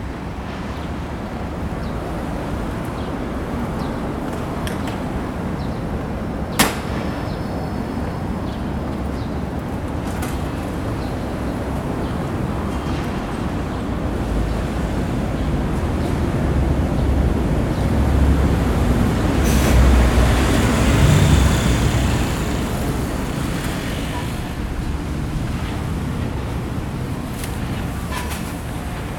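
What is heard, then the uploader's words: A steady low rumble of traffic and machinery fills the recording at Takanawa Gateway Station, Tokyo. A sharp click cuts through near seven seconds, with fainter knocks scattered throughout. Around twenty seconds the sound swells, growing louder and brighter before settling back. Field-recorded at Takanawa Gateway Sta., Tokyo.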